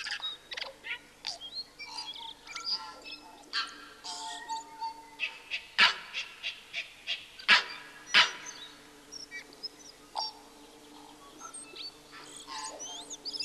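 A tui sings a varied, busy song of bright clicks, whistles and sharp notes, loudest near six and eight seconds, over a low steady hum.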